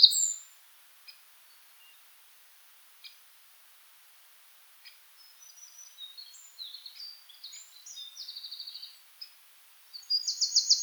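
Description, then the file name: Eurasian wren giving high, thin notes and rapid buzzy trills, scattered at first then building into a fast, tumbling run, with faint hiss behind. "Troglodytes troglodytes"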